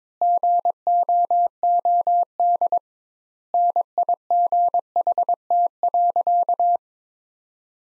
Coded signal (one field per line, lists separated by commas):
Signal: Morse code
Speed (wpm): 22 wpm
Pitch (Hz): 700 Hz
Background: none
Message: GOOD NIGHT.